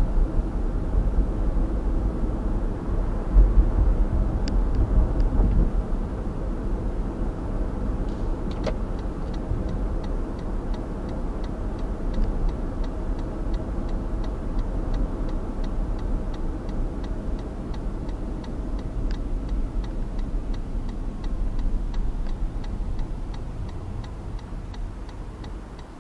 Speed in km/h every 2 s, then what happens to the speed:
49, 50, 49, 50, 51, 50, 48, 46, 42, 34, 28, 18, 8.
0-9 steady at about 50. 9-26 slows to 8.